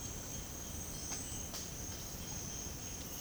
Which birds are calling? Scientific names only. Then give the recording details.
none. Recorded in secondary vegetation near Puerto Asís, Putumayo, Colombia, on 18 February 2024 at 08:30. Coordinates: 0.468, -76.324. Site G6381